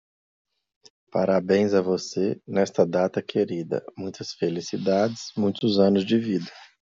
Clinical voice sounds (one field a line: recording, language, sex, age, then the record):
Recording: short text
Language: Brazilian Portuguese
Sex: male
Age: 30 to 39 years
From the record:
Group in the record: control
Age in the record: 34 years